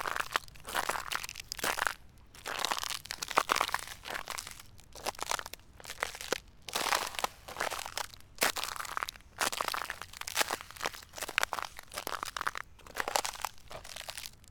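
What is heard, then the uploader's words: Footsteps crunch on icy snow in a steady walking rhythm, each step a bright, gritty crackle roughly every half second to second. Brief quiet gaps fall between some steps, with a faint low rumble underneath throughout. Bois de Vincennes - Paris - Micros internes du SONY PCM-D100. Depuis deux jours il gèle à pierre fendre dans le nord de la France et aussi sur Paris. Les premier sons qui apparaissent sont les craquements de mes pas sur la neige glacée.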